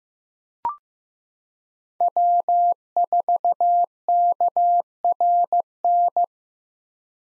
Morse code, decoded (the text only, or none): W4KRN